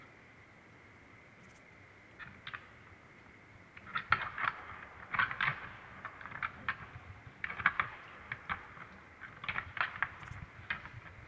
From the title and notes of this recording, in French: 23h15 - Drôme - Mixpr3 - Binaural - 2Xmkh8020. Huit jours après mon premier enregistrement de brame, cela continu grâce à trois mâles qui se confrontent régulièrement. Cette nuit fût dense avec plusieurs combats de Titans.